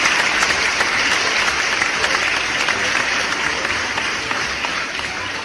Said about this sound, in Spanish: Desde ZT La Radio saludamos a mi promo 28. Este aplauso es para ustedes por haber terminado con éxito el primer momento pedagógico.